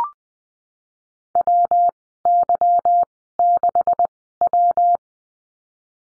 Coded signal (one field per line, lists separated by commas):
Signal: Morse code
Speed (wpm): 20 wpm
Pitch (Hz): 700 Hz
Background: none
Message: W Y 6 W